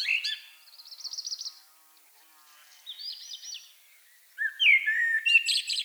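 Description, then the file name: Common blackbird song: trailing high twittered notes in two bursts, a quiet pause, then a new fluted phrase with a squeaky ending. "Turdus merula"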